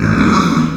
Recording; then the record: squeal of a Yucatan mini pig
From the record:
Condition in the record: after surgery on the right vocal fold (resection and tissue-engineered implant); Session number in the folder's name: 12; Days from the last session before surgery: 105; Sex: female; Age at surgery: 19 weeks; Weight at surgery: 25 kg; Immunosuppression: prednisolone